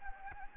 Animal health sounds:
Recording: mosquito wingbeat signal from an infrared sensor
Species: Anopheles gambiae

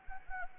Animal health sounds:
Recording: mosquito wingbeat signal from an infrared sensor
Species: Anopheles gambiae

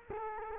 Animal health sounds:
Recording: mosquito wingbeat signal from an infrared sensor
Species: Culex quinquefasciatus

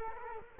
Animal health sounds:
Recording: mosquito wingbeat signal from an infrared sensor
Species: Culex quinquefasciatus

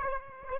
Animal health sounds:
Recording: mosquito wingbeat signal from an infrared sensor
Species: Aedes aegypti

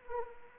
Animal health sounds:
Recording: mosquito wingbeat signal from an infrared sensor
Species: Anopheles arabiensis

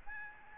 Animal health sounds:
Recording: mosquito wingbeat signal from an infrared sensor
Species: Aedes albopictus

